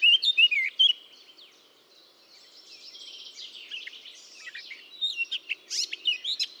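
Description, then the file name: Eurasian blackcap song: brisk warbled phrases at the start and end, with a softer, buzzy stretch between them. "Sylvia atricapilla"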